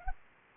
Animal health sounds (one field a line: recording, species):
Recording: mosquito wingbeat signal from an infrared sensor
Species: Anopheles gambiae